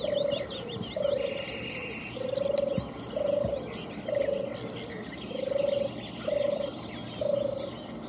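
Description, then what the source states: European turtle dove giving several short, soft, trilled purrs in a series, with other small birds twittering faintly behind. Named for its purring sound; native to England and still breeds in the UK; numbers declined through Mediterranean hunting during migration and habitat and resource loss.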